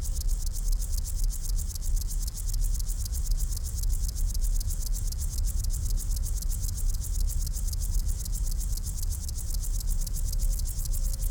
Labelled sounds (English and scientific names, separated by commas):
Upland Field Grasshopper (Chorthippus apricarius) stridulation